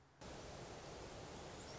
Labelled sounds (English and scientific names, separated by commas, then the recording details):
Song Sparrow (Melospiza melodia)
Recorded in Sonoma County, California